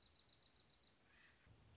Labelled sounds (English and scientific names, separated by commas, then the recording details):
Dark-eyed Junco (Junco hyemalis)
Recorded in Sonoma County, California